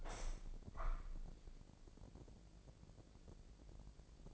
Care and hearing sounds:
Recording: daily activity, microphone in the room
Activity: open window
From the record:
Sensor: 5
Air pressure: 1012.4 hPa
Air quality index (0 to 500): 160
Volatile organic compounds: 2 ppm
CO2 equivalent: 1085 ppm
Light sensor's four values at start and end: 110/265/112/124 and 110/265/112/124

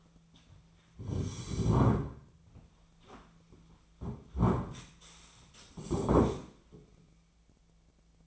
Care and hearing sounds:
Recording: daily activity, microphone in the room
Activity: sit down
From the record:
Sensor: 1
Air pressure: 1008.1 hPa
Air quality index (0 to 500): 191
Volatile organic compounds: 17 ppm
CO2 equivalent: 2584 ppm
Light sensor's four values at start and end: 13/33/13/15 and 13/33/13/15

